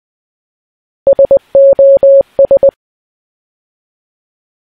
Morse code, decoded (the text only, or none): SOS